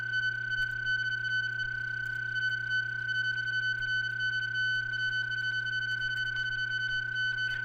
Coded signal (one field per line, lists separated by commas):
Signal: PSK31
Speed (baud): 31.25 baud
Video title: Modulated Light PSK: Part 3